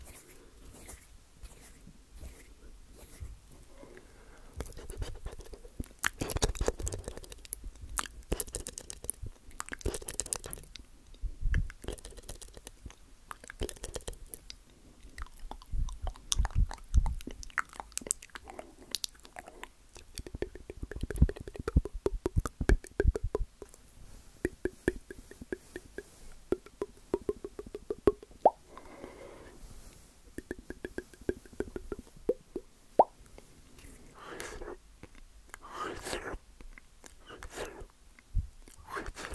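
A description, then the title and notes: Mouth sounds fill the clip: wet clicks, smacks and crunchy chewing bursts in irregular clusters, with quieter gaps between them. A few sharper, louder pops stand out near the middle and later on. ASMR Rare Mouth Sounds.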